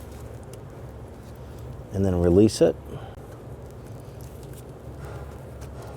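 A suspension height sensor on a 2007-2014 Cadillac Escalade is handled at its mounting clip on the new front shock assembly, to be pushed down and onto its mount. Someone talks briefly around 2 to 2.7 seconds over a low steady background, with only a faint tick near 0.5 seconds. Nothing has seated or clicked yet.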